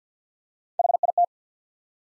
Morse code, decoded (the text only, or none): H I T